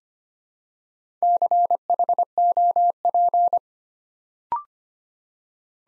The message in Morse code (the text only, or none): CHOP